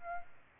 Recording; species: mosquito wingbeat signal from an infrared sensor; Culex pipiens